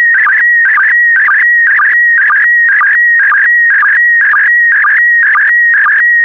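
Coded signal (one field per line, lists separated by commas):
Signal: SSTV (slow-scan television)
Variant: PD120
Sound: warbling tone between mid pitches with a short low chirp about twice a second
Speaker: the next image transmission will start in 10 seconds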